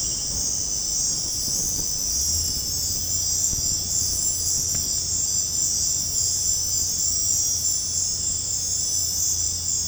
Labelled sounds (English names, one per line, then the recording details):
none
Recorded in dense forest near Puerto Asís, Putumayo, Colombia, on 20 December 2024 at 21:00
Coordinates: 0.481, -76.323
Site G100